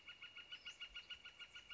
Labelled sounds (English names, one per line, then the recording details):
Northern Flicker
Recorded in Sonoma County, California